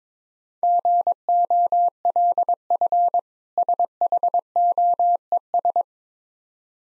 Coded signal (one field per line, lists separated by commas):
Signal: Morse code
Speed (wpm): 22 wpm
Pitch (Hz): 700 Hz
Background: none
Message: GOLF SHOES